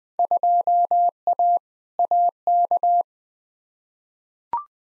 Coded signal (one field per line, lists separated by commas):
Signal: Morse code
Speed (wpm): 20 wpm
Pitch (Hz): 700 Hz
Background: none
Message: 2A AK